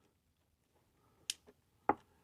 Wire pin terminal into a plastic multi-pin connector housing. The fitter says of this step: Push it in till you hear a snap.